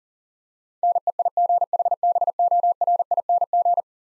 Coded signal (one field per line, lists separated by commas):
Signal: Morse code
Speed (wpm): 40 wpm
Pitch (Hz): 700 Hz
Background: none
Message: NEIGHBORING